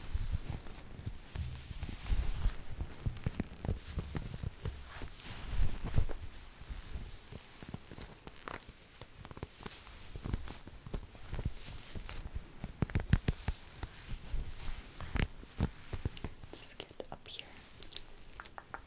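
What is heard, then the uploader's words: Haircut and hair wash sounds: a dense, continuous run of short crisp clicks and snips scattered across the whole 19 seconds, with frequent bright rustles. A low rumbling undercurrent stays throughout, with louder swells near 2, 6 and 13 seconds. ASMR The Most Relaxing Haircut And Hair Wash (realistic layered sounds).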